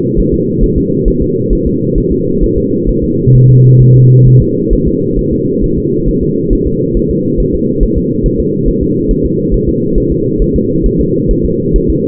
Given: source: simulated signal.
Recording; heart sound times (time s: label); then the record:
fetal heart sounds
0.19 s: S1
0.34 s: S2
0.64 s: S1
0.78 s: S2
1.08 s: S1
1.22 s: S2
1.53 s: S1
1.67 s: S2
1.98 s: S1
2.12 s: S2
2.44 s: S1
2.58 s: S2
2.89 s: S1
3.04 s: S2
3.35 s: S1
3.50 s: S2
3.82 s: S1
3.96 s: S2
4.27 s: S1
4.42 s: S2
4.73 s: S1
4.88 s: S2
5.19 s: S1
5.33 s: S2
5.64 s: S1
5.78 s: S2
6.09 s: S1
6.23 s: S2
6.53 s: S1
6.67 s: S2
6.97 s: S1
7.11 s: S2
7.40 s: S1
7.55 s: S2
7.83 s: S1
7.98 s: S2
8.26 s: S1
8.40 s: S2
8.69 s: S1
8.83 s: S2
9.11 s: S1
9.25 s: S2
9.54 s: S1
9.69 s: S2
9.98 s: S1
10.12 s: S2
10.42 s: S1
10.56 s: S2
10.86 s: S1
11.01 s: S2
11.31 s: S1
11.45 s: S2
11.76 s: S1
11.90 s: S2
From the record:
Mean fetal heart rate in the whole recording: 135 bpm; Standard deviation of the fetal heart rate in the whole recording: 3 bpm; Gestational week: 36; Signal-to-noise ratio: -11.2 dB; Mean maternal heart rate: 72 bpm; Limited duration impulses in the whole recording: present